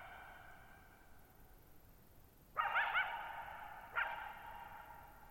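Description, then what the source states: Coyote barking, one wavering bark followed by a shorter one, both with long echoing tails over a quiet background. Lone coyote at night, July 14, 2019, Thirtymile Meadows, Okanogan National Forest, Okanogan High Country, Pacific Northwest, 6400 ft (1950 m); high dry plateau, shallow-bowl meadow with boggy ground.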